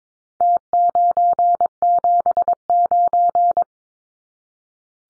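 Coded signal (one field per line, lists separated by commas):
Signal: Morse code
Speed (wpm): 22 wpm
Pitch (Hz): 700 Hz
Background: none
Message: T979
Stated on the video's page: Contest-style four-digit serial numbers at 22wpm for head-copy drill, leading zeros sent as cut T.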